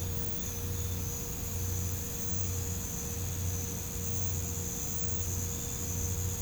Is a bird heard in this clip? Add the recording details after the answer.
no. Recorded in pastures near Puerto Asís, Putumayo, Colombia, on 20 December 2024 at 01:00. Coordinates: 0.505, -76.324. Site G063